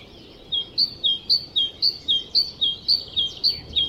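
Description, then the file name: Great tit repeating a bright two-note phrase, high then lower, in an even steady rhythm. "Parus major"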